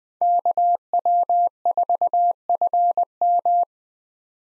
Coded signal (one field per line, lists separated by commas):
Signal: Morse code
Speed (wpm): 20 wpm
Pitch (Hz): 700 Hz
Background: none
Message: KW4FM